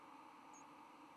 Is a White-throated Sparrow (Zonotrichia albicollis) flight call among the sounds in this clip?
no